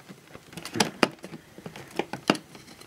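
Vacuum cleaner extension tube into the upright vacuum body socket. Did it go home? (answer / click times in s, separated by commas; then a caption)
no / none. A rigid extension wand tube is pushed one-handed into the body socket of an Electrolux Power System Z1710 1400 upright vacuum cleaner, producing a series of sharp plastic handling knocks, loudest near 0.8, 1.0 and 2.3 seconds. The tube has not clicked or seated into place yet.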